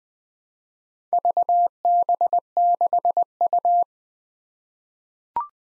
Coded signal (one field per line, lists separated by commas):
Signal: Morse code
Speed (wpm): 20 wpm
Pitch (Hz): 700 Hz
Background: none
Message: VB6U